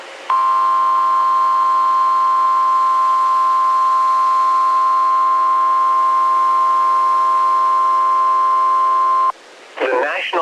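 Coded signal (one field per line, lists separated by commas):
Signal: Emergency Alert System (SAME) tones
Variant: 1050 Hz attention tone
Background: speech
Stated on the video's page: Severe thunderstorm warning with valid EAS tones.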